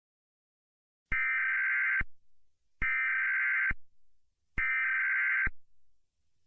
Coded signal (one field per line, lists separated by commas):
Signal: Emergency Alert System (SAME) tones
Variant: header bursts